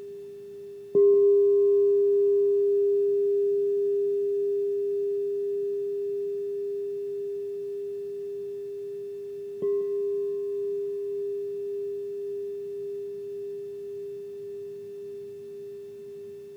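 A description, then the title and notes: A crystal bowl rings a single pure, steady mid-pitched tone, struck once near the start and again around ten seconds in. Each strike adds a brief brighter overtone that fades quickly, while the main note sustains, slowly dying away with a gentle wavering pulse. The journey is a soundscape of crystal & tibetan bowls.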